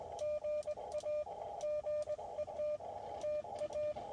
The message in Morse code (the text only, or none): GA GET TA